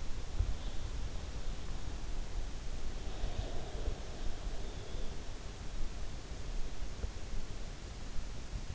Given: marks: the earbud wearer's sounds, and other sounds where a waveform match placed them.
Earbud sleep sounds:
sounds in sleep by an in-ear microphone; breath
2.54-5.57 s: breath

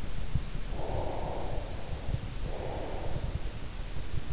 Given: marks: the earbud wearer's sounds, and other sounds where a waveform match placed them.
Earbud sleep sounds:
sounds in sleep by an in-ear microphone; breath
0.65-3.50 s: breath

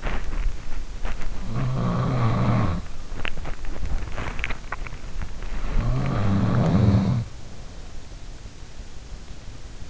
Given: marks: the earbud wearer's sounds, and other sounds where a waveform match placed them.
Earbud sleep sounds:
sounds in sleep by an in-ear microphone; body movement, teeth grinding, swallowing
0.00-5.30 s: body movement
1.01-3.58 s: sound from someone else or the room
3.09-3.40 s: teeth grinding
3.98-5.09 s: swallowing
5.30-8.52 s: sound from someone else or the room

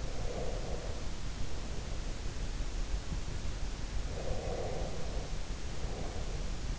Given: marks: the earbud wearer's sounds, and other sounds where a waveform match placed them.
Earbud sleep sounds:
sounds in sleep by an in-ear microphone; breath
0.11-2.77 s: breath
4.01-6.79 s: breath

